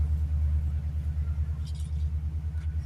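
A regular plastic cap is tried on the corroded metal valve stem of a 2012 Honda Fit's tire, but it will not thread on because corrosion has stripped the stem threads. A steady low rumble, like an idling engine, runs throughout, with a few faint higher scrapes around 1.7–1.9 s and 2.6 s. Nothing has seated or clicked yet.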